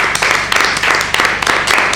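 Loud, steady applause for the theatre company Epitafio fills the whole stretch, a dense wash of many hands clapping that swells and dips in a loose rhythm with sharp individual claps poking through.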